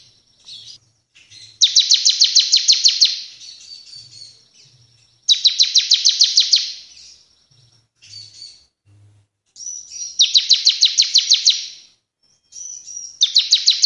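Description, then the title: Bar-winged prinia song: four fast, buzzy, high trilled bursts spaced a few seconds apart, with faint thin notes and chips in the gaps. Caged bird singing energetically, three song types; recording used for tutoring other cage birds. "Ciblek gacor nembak 3 lagu untuk masteran"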